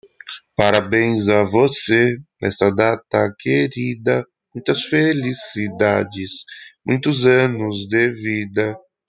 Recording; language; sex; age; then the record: short text; Brazilian Portuguese; male; 30 to 39 years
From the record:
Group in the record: control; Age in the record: 32 years